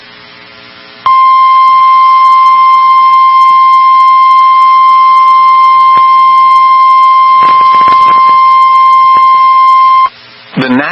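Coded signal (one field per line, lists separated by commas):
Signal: Emergency Alert System (SAME) tones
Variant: 1050 Hz attention tone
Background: speech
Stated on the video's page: Real Emergency Alert System alerts for an EF5 tornado in Enderlin, North Dakota.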